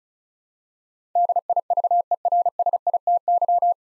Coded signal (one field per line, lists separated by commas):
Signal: Morse code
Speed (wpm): 34 wpm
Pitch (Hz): 700 Hz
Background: none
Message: DIVERSITY